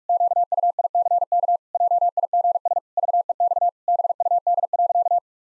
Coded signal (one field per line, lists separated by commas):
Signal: Morse code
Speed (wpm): 46 wpm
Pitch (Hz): 700 Hz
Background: none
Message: QUICK JIGS VEX BUD.